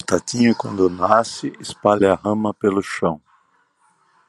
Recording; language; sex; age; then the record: short text; Brazilian Portuguese; male; 60 to 69 years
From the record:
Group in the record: control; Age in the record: 67 years